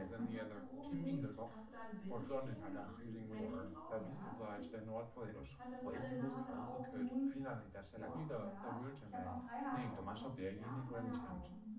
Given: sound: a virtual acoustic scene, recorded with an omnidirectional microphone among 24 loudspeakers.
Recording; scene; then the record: noise of the scene; living room, asymmetric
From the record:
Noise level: 67 dB SPL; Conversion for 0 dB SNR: 5.4 dB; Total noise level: 72.4 dB SPL